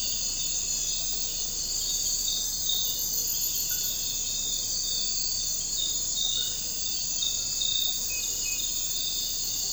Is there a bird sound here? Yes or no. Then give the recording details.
no. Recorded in secondary vegetation near Puerto Asís, Putumayo, Colombia, on 13 March 2025 at 02:30. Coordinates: 0.502, -76.326. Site G100